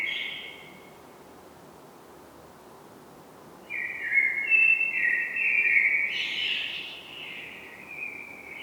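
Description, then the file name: Common blackbird: a brief note at the start, a pause, then a long mellow warbled phrase rising into squeaky high notes. "Turdus merula"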